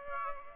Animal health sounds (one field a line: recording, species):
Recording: mosquito wingbeat signal from an infrared sensor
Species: Aedes aegypti